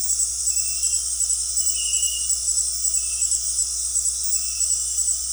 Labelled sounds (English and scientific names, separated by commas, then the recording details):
none
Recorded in dense forest near Puerto Asís, Putumayo, Colombia, on 13 March 2025 at 18:30
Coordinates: 0.503, -76.323
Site GP09